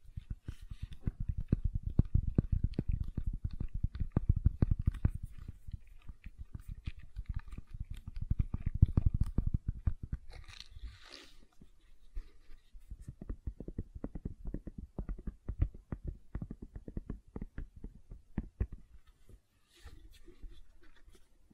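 Gentle silicon sounds: a dense run of soft, rapid squishing and crunching clicks, heaviest and lowest in the first ten seconds. Around eleven seconds it thins to a brief brighter rustle, then resumes as lighter, more scattered clicks with small gaps through the end.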